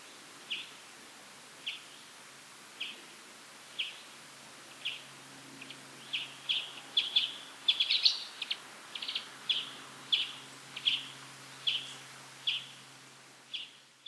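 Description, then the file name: European greenfinch calls, short chirps repeated about once a second, quickening into a denser run of chips midway, then steady again, over faint low hum. "Chloris chloris 190325"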